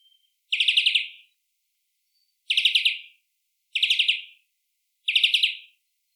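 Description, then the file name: European greenfinch uttering four short stuttering rattled trills at irregular intervals, with a faint thin note before the first. "Chloris chloris"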